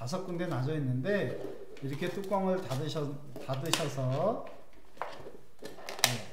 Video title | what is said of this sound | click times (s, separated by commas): 전통악기 장구 만들기 | 딱 소리가 날 때까지 이렇게 완전히 닫으신 다음에 구멍에 | 6.0 s